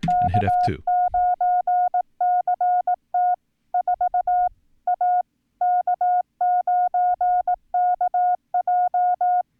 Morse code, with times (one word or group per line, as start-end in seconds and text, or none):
0.1-3.3 K9CT
3.7-4.5 4
4.9-5.2 A
5.6-9.4 K9KJ